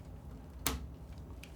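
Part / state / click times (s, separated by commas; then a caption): 24-pin power connector into motherboard / seated / 0.7 s. A 24-pin ATX power connector is pushed into the motherboard socket and clicks in sharply at 0.7 s. A fainter tick follows at 1.4 s, and the connector is fully seated.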